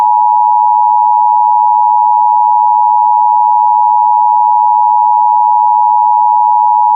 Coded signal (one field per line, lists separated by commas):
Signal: Emergency Alert System (SAME) tones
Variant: 853 and 960 Hz attention tone